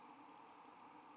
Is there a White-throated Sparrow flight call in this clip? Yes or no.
no